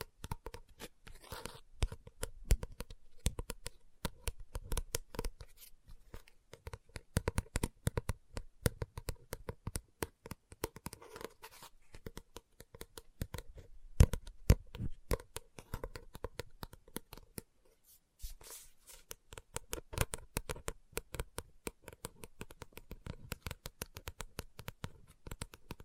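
Fingers tap and scratch on a book in dense, irregular bursts of sharp clicks and rustles that run almost without pause. A faint steady tone hums underneath throughout. Near the eighteen-second mark the activity drops out briefly before resuming just as busily.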